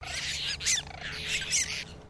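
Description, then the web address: Apostlebird group calling, harsh overlapping squawks and grating chatter from several birds, with a steady low hum underneath. "Sound Effects-Foundation. BIRD APOSTLE BIRD GROUP CALL"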